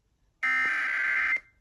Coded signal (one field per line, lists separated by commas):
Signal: Emergency Alert System (SAME) tones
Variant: header bursts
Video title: (ARCHIVED) Well this was unexpected.. (EAS Alerts #62-67)